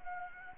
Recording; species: mosquito wingbeat signal from an infrared sensor; Anopheles gambiae